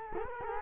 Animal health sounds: mosquito wingbeat signal from an infrared sensor; Culex quinquefasciatus

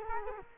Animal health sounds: mosquito wingbeat signal from an infrared sensor; Culex quinquefasciatus

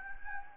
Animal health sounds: mosquito wingbeat signal from an infrared sensor; Anopheles gambiae

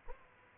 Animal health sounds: mosquito wingbeat signal from an infrared sensor; Aedes aegypti

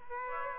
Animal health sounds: mosquito wingbeat signal from an infrared sensor; Aedes aegypti

